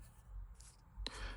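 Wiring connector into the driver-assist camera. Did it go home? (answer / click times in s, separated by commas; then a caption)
yes / 1.1 s. A wiring connector is plugged into the windshield-mounted driver-assist camera on a Honda. After quiet rustling and a brief faint tick near 0.6 s, a loud sharp click at 1.1 s marks the connector snapping into place, followed by a short rustle.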